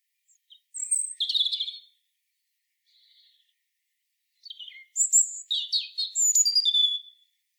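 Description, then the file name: European robin song: a short high warble, a faint soft note, a pause of about a second, then a longer cascade of thin, sweet, varied notes. "Erithacus rubecula"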